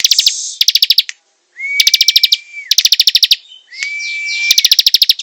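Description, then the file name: Prinia repeating quick chattering note trains, with two drawn-out flat whistles leading into bursts and a brief silence early on. Singing vigorously, described by the local term gacor. "prenjak gacor"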